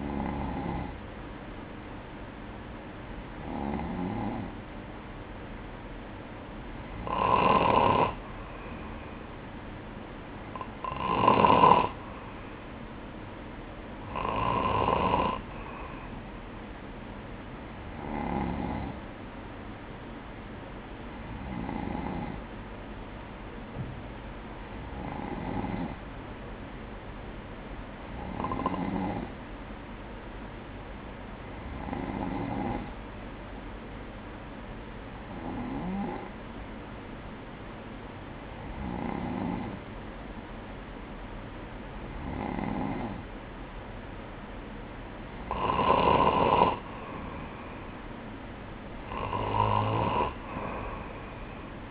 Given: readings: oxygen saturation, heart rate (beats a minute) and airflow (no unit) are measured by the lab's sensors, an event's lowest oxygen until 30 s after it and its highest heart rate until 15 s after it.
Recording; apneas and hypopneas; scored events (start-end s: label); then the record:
breathing in sleep by a voice recorder at the bedside; none
none scored
From the record:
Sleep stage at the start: N2 (light sleep); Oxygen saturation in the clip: 94 to 95%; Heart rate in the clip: 60 to 66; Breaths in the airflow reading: 15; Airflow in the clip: -4.9 to 5.7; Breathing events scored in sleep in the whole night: 180 in 6.7 hours asleep